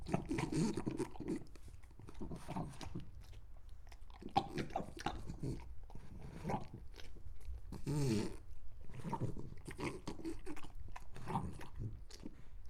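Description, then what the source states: French Bulldog chewing and crunching food in irregular bites throughout. Recorded while eating.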